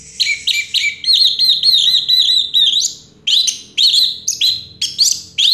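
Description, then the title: Orange-headed thrush singing a rapid series of bright, fluty whistled phrases with quick trills. Used to prompt a silent bird to sing. "Anis Merah Macet.. Pancing Dengan Suara Ini.. # Anis Merah"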